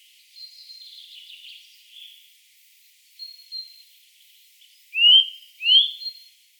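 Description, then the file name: Eurasian nuthatch call: soft twittering at first, then two loud rising whistled notes close together near the end. "Sitta europaea"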